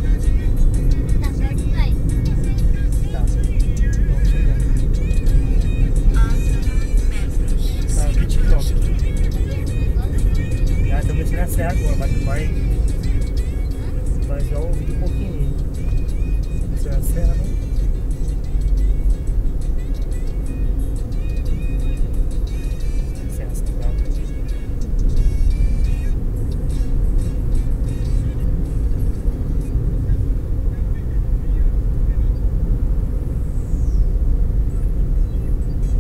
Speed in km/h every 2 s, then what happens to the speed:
57, 55, 60, 65, 67, 65, 62, 60, 59, 60, 60, 57, 61, 64, 66, 63, 60, 59.
3-7 speeds up to 67. 7-22 slows to 57. 22-29 speeds up to 66. 29-36 slows to 59.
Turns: none.